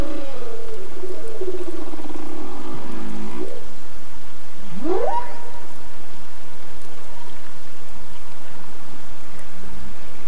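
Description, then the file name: Humpback whale song with a long wavering harmonic moan for three seconds, then a sharp rising whoop near five seconds and a soft low grunt at the end, amid steady underwater hiss. "humbpack whale song"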